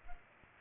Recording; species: mosquito wingbeat signal from an infrared sensor; Culex pipiens